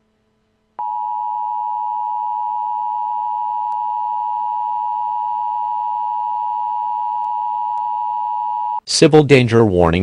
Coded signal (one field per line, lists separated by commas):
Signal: Emergency Alert System (SAME) tones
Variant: 853 and 960 Hz attention tone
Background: speech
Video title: EAS Scenario West Eruption of 2028